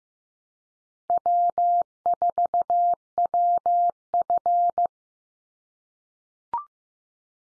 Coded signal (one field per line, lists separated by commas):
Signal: Morse code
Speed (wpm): 15 wpm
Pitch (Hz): 700 Hz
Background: none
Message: W4WF